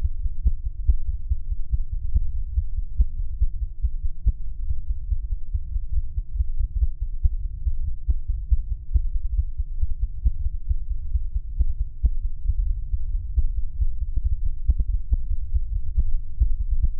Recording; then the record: fetal heart sounds by stethoscope on the mother's abdomen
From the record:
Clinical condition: bleeding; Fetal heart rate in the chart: 148 bpm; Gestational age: 34 weeks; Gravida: 3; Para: 1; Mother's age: 23 years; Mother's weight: 49 kg